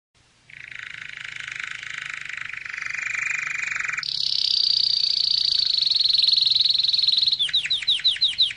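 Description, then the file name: Canary song: a buzzy, rattling trill that shifts pitch partway, then a fast high trill, ending in a run of quick upward-sweeping notes. "Canary Voice"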